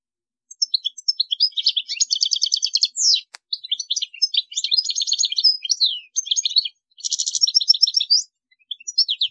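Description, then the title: European goldfinch twittering song, varied and less regular, mixing quick tinkling notes, trilled runs and rasping buzzes, with a single click. "Chant Chardonneret"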